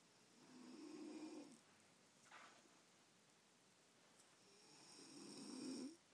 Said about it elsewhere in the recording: Let you hear my wife snoring. Louder a minute ago, but it's calmed.